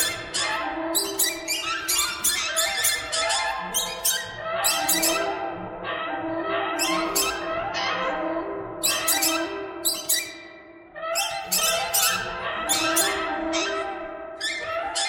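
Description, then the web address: Birds chattering together in a continuous squeaky chorus of harsh, harmonic notes that swell and fade in waves, with a brief lull late on. "soundfactory birds"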